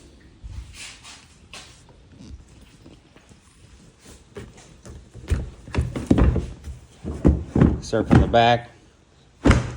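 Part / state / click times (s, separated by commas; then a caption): seat into watercraft hull seat latch / seated / 9.5 s. The seat is set on the back of a 2024 Sea-Doo Spark personal watercraft and slid forward over the hull while someone talks, with several handling thumps along the way. A single sharp knock at 9.5 s marks the seat latching in place.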